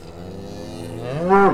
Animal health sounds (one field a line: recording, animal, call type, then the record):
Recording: contact call of a hoofed animal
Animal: cattle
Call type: low-frequency (closed-mouth) or high-frequency (open-mouth) call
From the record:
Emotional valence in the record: positive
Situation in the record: visual reunion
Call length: 1.54 s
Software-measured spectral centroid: 1380 Hz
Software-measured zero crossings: 1400 a second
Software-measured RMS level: -20 dBFS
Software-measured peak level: -2 dBFS